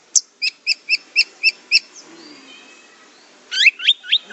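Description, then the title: Orange-headed thrush giving a run of seven evenly spaced sharp notes, a short pause, then a quick burst of swooping whistled notes. "Anis Merah"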